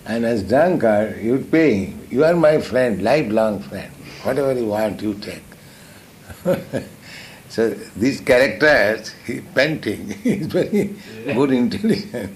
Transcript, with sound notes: And as drunkard, "You'll pay him. You are my friend, life-long friend. Whatever you want, you take." [laughs] So these characters he's painting, it's very good intelligence.